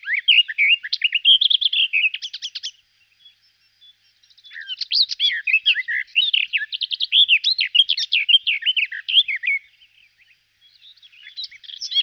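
Garden warbler singing long, rapid, mellow warbling phrases of varied notes, a pause around three to four seconds, then another extended babbling phrase.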